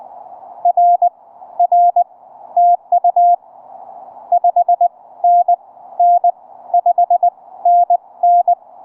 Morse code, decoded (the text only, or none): RR TU 5NN 5NN